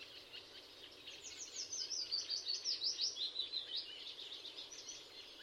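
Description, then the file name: Eurasian blackcap song: a quick run of high, scratchy warbled notes that swells then fades over about three seconds, with faint background hiss. "Sylvia atricapilla"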